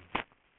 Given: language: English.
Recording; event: throat vibration sensor signal played as sound; cough